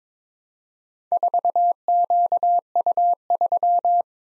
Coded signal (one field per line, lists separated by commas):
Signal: Morse code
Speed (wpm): 22 wpm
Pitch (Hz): 700 Hz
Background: none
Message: 4QU3